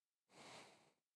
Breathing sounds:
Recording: one breath near a microphone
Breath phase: exhalation

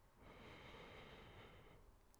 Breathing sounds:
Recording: one breath near a microphone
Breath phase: inhalation

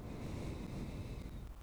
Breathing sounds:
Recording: one breath near a microphone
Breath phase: exhalation

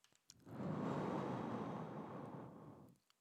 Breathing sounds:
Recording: one breath near a microphone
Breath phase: exhalation

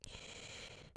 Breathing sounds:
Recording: one breath near a microphone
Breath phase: inhalation

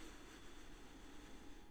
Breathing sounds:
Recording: one breath near a microphone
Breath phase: inhalation

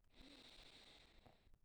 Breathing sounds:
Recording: one breath near a microphone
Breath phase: inhalation

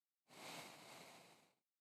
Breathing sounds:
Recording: one breath near a microphone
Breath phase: exhalation

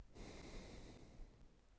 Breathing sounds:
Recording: one breath near a microphone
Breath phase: exhalation

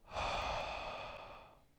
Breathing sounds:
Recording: one breath near a microphone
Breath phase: exhalation

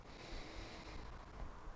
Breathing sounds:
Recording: one breath near a microphone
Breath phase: inhalation

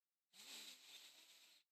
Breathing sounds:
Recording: one breath near a microphone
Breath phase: inhalation

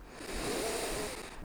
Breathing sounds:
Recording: one breath near a microphone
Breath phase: inhalation

